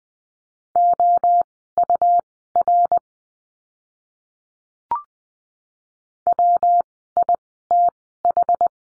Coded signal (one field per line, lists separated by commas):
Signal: Morse code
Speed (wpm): 20 wpm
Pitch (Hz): 700 Hz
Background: none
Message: OUR WITH